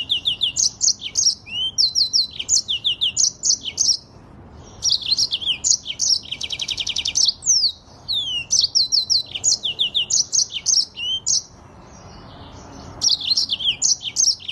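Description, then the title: Streaked spiderhunter song in bursts of high chirps and slurred whistles, with a buzzy rattle near six seconds and short gaps between phrases. Tutor recording (masteran) for cage birds; long, clear, vigorous (gacor) song. "Pijantung Gunung Gacor Jernih Panjang"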